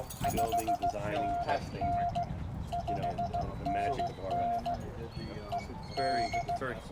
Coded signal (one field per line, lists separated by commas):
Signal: Morse code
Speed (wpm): 16 wpm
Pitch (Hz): 690 Hz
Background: speech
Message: 5NN 5NN E D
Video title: HAM RADIO!! West Palm Beach Amateur Radio Group, Saturday At The Park, Ham Radio Club Event!!